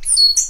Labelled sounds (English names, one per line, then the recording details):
Stitchbird song
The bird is a male
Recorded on Tiritiri Matangi Island, New Zealand, in 2005
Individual 12, of nest box 16